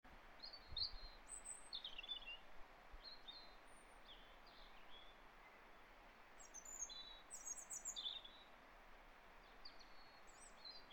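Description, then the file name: European robin singing: thin, high warbled phrases scattered throughout, some reaching very high pitches, over a steady broad hiss with a couple of low thumps near the start. "Erithacus rubecula"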